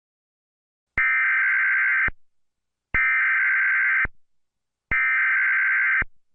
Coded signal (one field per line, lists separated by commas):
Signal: Emergency Alert System (SAME) tones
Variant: header bursts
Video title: (FIRST EAS-RELATED VIDEO) EAS Scenario #1: The Burger King Toxin